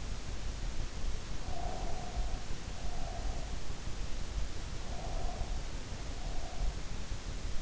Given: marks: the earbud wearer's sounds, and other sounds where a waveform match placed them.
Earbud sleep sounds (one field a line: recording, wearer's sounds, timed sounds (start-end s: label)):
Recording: sounds in sleep by an in-ear microphone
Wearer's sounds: breath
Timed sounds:
1.41-3.48 s: breath
4.81-6.89 s: breath